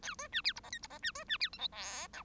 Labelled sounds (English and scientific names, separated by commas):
Bengalese Finch (Lonchura striata domestica) song